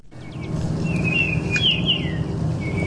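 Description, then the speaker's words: Baltimore oriole song: a few clear, fluty whistles that slur up and down, with one last short whistle near the end, over a low background rumble. Heard in spring on a birding outing outside Boston; a blind birder recognises it, and its first song of the year signals spring to him; described as a pretty, uplifting sound. "Jerry Berrier points out the song of a Baltimore oriole."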